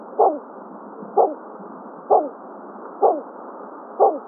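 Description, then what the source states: Bulwer's petrel uttering five soft, barking hoots at an even rhythm of about one per second, over a low continuous hiss. Recorded on Maui, Hawaii, in August 2026.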